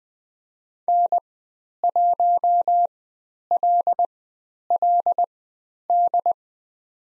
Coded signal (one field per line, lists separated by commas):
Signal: Morse code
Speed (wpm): 20 wpm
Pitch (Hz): 700 Hz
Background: none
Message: N1LLD